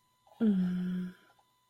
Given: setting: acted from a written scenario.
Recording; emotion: vocal sound without words; serenity